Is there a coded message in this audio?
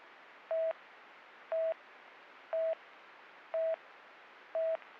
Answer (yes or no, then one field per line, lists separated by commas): no